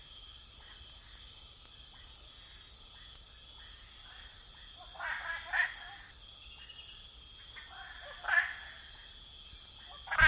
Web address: nocturnal frog chorus quacking river frogs hypsiboas lancifo